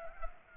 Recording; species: mosquito wingbeat signal from an infrared sensor; Culex pipiens